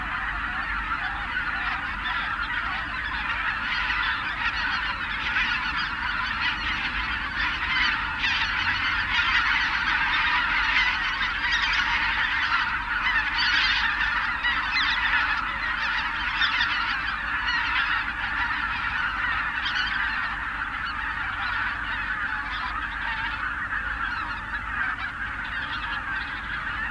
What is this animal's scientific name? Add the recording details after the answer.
Anser albifrons. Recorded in the wild. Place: Zingst, Insel Kirr, Mecklenburg-Vorpommern, DE. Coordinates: 54.745, 12.745. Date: 1978-10-18. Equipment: Nagra III BH, Sennheiser MD 30. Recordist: Schubert, Michael